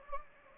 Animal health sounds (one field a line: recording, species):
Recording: mosquito wingbeat signal from an infrared sensor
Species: Anopheles gambiae